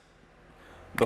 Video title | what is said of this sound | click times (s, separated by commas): Simpson Clean Machine Electric Pressure Washer Review - Power Washer | there's a little cap so we want to pop that off so we can actually access the whole | 1.0 s